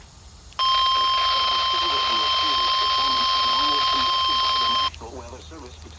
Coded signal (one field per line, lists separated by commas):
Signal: Emergency Alert System (SAME) tones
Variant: 1050 Hz attention tone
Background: speech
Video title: Indianapolis Madness | EAS #619-621